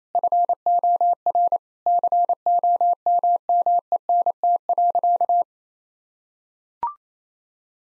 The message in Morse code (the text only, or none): FOR COMMENT.